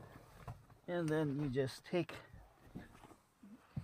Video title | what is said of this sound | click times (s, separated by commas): Rialta1995Tour -Features and how to use RV | and those just go snap right into the matching clips, | 0.5 s